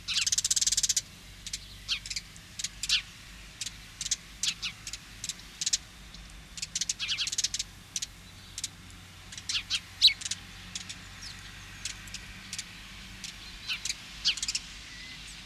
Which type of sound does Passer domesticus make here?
song